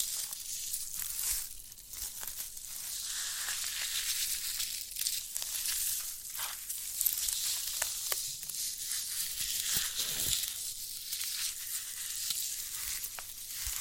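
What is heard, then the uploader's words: Sprouted coconut being handled and eaten, a dense crackly crunching that fills the upper range throughout. Short snaps and crinkly tearing sounds stand out around 1.5, 6.5, 8 and 10 seconds, over a low, soft rumble. The level stays fairly even with small dips. ASMR of a Sprouted Coconut (No Talking).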